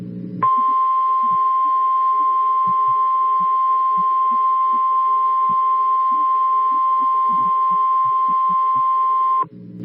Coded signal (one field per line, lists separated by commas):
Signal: Emergency Alert System (SAME) tones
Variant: 1050 Hz attention tone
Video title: Tornado Warning EAS during Arthur on Nicktoons (June 11, 2026, FAKE)